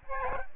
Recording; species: mosquito wingbeat signal from an infrared sensor; Aedes albopictus